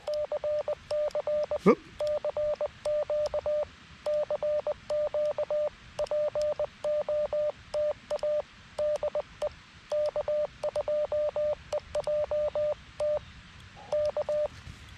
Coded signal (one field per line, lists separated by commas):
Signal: Morse code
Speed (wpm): 20 wpm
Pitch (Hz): 600 Hz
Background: radio noise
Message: CC CQ CQ POTA DE K2EJT K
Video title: Operator Error: K2EJT POTA at K-2023 Buttermilk Falls State Park